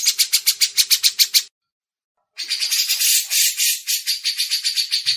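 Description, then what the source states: Grey-cheeked Bulbul giving a rapid chatter of harsh buzzy notes in two bursts separated by a short silence. Masteran tutor recording for training songbirds.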